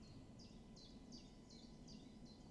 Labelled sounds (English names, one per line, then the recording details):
Common Chiffchaff
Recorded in Germany
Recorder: ecoPi